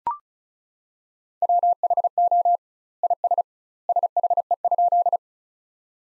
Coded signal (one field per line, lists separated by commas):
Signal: Morse code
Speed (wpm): 34 wpm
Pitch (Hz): 700 Hz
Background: none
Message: WHO IS SHE?